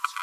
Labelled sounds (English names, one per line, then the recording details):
Green-rumped Parrotlet babbling
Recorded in a nest box in Venezuela
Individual 18B25A5